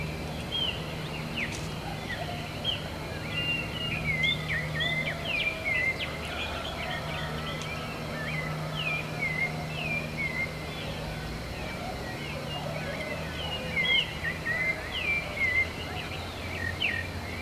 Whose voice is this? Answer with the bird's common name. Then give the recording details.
Southern Lapwing. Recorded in the wild. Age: adult. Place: Pirenopolis, Goias, BR. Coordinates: -15.8447, -48.9583. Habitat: savannah. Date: 2013-09-10. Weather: 20°C,sunny, weak wind. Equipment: Olympus LS-3, Olympus ME31. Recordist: Frommolt, Karl-Heinz